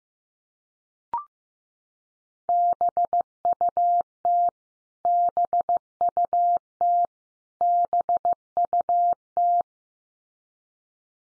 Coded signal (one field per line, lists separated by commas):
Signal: Morse code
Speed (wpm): 15 wpm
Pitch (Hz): 700 Hz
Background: none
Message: BUT BUT BUT